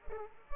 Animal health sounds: mosquito wingbeat signal from an infrared sensor; Culex pipiens

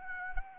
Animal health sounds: mosquito wingbeat signal from an infrared sensor; Anopheles arabiensis

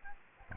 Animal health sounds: mosquito wingbeat signal from an infrared sensor; Aedes albopictus

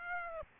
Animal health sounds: mosquito wingbeat signal from an infrared sensor; Aedes aegypti

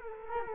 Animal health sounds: mosquito wingbeat signal from an infrared sensor; Culex quinquefasciatus

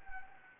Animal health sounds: mosquito wingbeat signal from an infrared sensor; Anopheles gambiae

